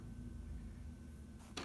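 A plastic boarding ramp on a toy Millennium Falcon is handled against the ship's hull, with a low steady hum under quiet handling noise. A short, sharp broadband hit rises at 1.6 s near the end, but the ramp has not snapped back into place yet.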